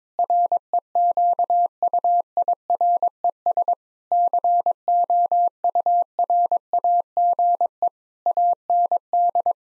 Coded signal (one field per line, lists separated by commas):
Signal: Morse code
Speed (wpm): 22 wpm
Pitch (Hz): 700 Hz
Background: none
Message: REQUIRES COURAGE AND